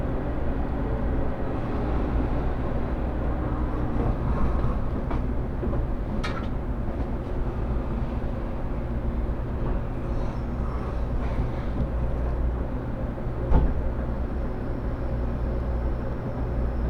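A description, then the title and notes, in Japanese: Inside a Tokaido Shinkansen Kodama running from Hamamatsu to Shizuoka, a steady low rumble and roar fills the whole clip at an even level. Faint clicks and brief knocks surface now and then, with a sharper thump near thirteen seconds. 東海道新幹線こだま浜松→静岡。朝一番の浜松始発の新幹線です。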